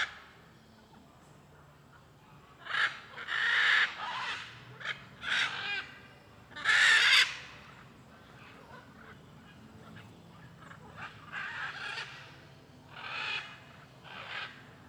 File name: Rua em Alto Paraiso com muitas araras cantando e carros passando